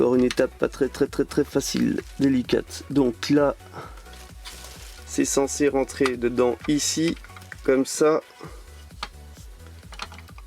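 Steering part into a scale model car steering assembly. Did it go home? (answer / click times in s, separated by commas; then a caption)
yes / 9.0 s. Someone talks over background music while a steering column part of a 1:8 scale Altaya Ford GT40 model car, from build issue 30, is pushed into its housing in the steering assembly. The part has to be turned slightly, with the steering wheel turned, to fit, because the fit is very tight. A sharp click at 9.0 s marks it seating, followed by a few faint handling clicks.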